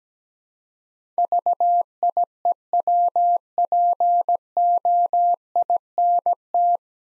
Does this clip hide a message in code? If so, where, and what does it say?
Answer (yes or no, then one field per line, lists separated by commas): yes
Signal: Morse code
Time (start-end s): 1.2-6.8 s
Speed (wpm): 17 wpm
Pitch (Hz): 700 Hz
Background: none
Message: VIEWPOINT